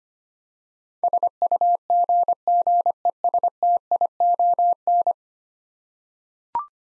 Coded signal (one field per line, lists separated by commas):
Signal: Morse code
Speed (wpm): 25 wpm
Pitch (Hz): 700 Hz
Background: none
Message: SUGGESTION